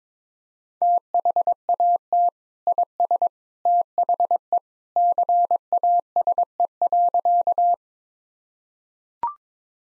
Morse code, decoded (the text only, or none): THAT IS THE CASE.